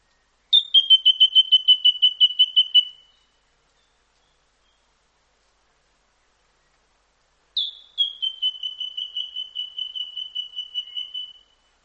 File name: White throated treecreeper